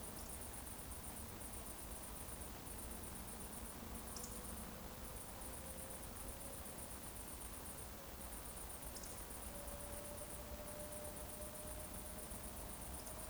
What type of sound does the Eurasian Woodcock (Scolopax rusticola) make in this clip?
whistle